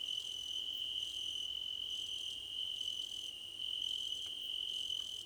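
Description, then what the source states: Crickets chirping in a dense chorus, a steady high trill underneath with brighter pulsed bursts repeating about every second above it. Several crickets chirping together, described as a choir competition.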